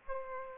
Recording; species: mosquito wingbeat signal from an infrared sensor; Aedes aegypti